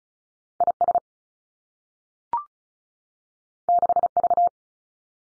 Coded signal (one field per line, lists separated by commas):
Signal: Morse code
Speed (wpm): 36 wpm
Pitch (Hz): 700 Hz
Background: none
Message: I S 6 V